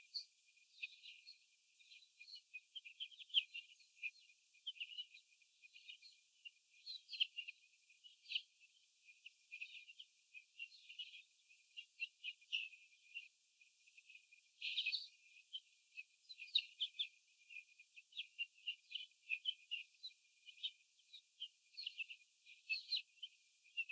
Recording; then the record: young laying hens in a cage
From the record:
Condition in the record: after the stressor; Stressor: sudden umbrella opening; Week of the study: 3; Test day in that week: 2